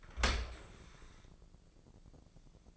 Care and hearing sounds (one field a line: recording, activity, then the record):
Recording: daily activity, microphone in the room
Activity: open dishwasher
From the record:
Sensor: 5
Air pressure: 1012.4 hPa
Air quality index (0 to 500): 158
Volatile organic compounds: 2 ppm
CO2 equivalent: 1072 ppm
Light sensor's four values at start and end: 100/240/101/112 and 101/243/102/114